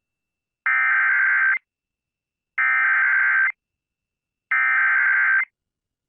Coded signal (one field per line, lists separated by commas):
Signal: Emergency Alert System (SAME) tones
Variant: header bursts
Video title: Moderate Madness | EAS Alerts from 3/2/23 (EAS #306-330)